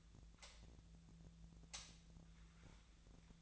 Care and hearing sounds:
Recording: daily activity, microphone in the room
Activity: light on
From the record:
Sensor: 3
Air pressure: 1009.7 hPa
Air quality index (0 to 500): 190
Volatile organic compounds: 15 ppm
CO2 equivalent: 2478 ppm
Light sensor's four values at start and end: 38/94/40/43 and 44/117/49/50

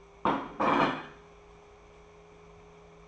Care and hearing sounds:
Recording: daily activity, microphone in the room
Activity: place plate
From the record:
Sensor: 1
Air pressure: 1015.1 hPa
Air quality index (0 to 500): 199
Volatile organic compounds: 24 ppm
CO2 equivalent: 2819 ppm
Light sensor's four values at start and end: 11/27/11/12 and 11/27/11/12

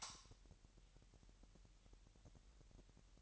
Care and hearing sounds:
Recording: daily activity, microphone in the room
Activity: light on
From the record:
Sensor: 3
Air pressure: 1001.8 hPa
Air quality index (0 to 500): 247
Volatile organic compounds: 49 ppm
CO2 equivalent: 3287 ppm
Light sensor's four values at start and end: 6/13/5/5 and 12/33/13/12

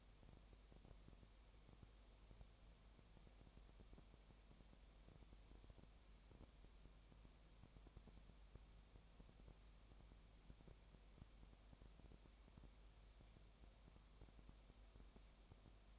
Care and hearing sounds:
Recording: daily activity, microphone in the room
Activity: no activity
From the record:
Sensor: 1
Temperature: 19.7 degrees Celsius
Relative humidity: 37.1%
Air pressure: 1007.2 hPa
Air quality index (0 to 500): 144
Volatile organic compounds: 5 ppm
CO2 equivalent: 1759 ppm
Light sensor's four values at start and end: 1/2/1/1 and 1/2/1/1

